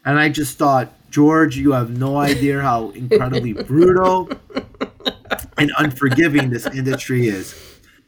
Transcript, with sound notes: And I just thought, George, you have no idea (laughs) how incredibly brutal and unforgiving this industry is.